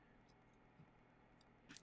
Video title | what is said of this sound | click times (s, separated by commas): How to Replace Sony WH-1000XM4 RIGHT Hinge Swivel Part Piece - Fix - Repair - Broken Headphones | normally they just click right in both of them actually so it's just snapped right in into position | 1.8 s